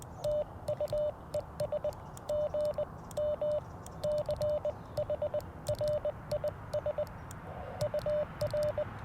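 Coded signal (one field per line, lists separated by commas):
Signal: Morse code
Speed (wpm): 20 wpm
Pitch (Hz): 3000 Hz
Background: radio noise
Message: TU ES GM CHRIS UR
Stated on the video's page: QRP CW Parks on the Air activation with FX-4CR radio, Alex Loop Ham Pack antenna and Modern Morse Nameless key.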